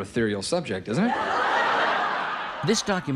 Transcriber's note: laughter